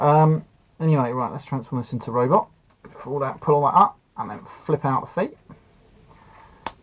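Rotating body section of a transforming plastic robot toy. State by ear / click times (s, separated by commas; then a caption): seated / 6.7 s. Someone talks while transforming a plastic robot toy, then spins its rotating body section around until it clicks into its detent position. A short, sharp click is heard at 6.7 s, and the joint is seated in place.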